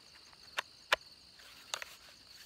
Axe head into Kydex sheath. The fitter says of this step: there's that so basically the tip of the axe is kind of locked in it's locked in here now